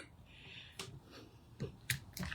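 A snap fastener on a fabric sign is realigned with its hole and pressed again, seating with a sharp click at 1.9 s. Quieter taps and rustles come at about 0.8, 1.6 and 2.2 s.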